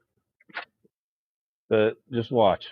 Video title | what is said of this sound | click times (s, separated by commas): LIVE! Aliencell X1 Laser Engraver – Beta Test Debut (First Look) | And if you heard that click, I don't know if you could hear it, | 0.4 s, 0.6 s